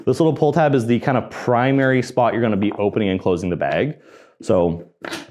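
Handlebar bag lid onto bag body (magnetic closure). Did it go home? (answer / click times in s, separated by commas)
yes / 5.0 s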